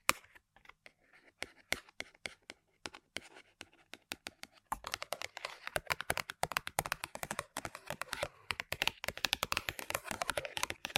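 Tapping on objects, starting as sparse, separate clicks for the first four or five seconds. Then the taps speed up into a dense, rapid flurry of sharp, bright ticks that carries on to the end, loud and quick like fingers drumming on hard surfaces.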